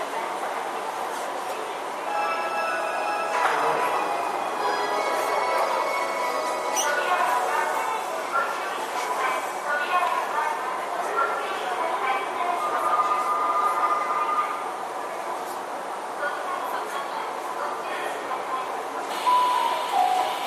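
Recorded aboard a Tokyu 5050 series train on the Toyoko and Minatomirai lines, a steady mid-range rumble runs throughout with little change in level. Faint voices murmur underneath, and brief squeals and tonal whines come through around seven seconds and near the end.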